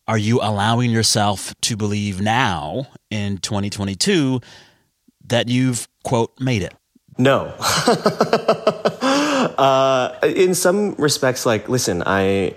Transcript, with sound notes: Are you allowing yourself to believe now in 2022 that you've, quote, "made it?"
No (laughter). In some respects - like, listen,